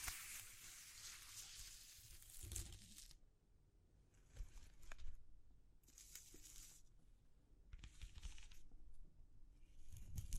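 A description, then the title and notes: Textures are handled in bursts of dry, crinkly scratching and rustling. A dense bright stretch runs through the first three seconds, then shorter bursts follow near 4, 6, 8 and 10 seconds, with a few sharp taps. A low rumble continues underneath between bursts. ASMR Exploring Textures (No Talking).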